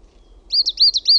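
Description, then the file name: Coal tit song: after a half-second of quiet, a quick run of high, thin, squeaky two-note phrases, repeated about three times. "KUUSITIAINEN"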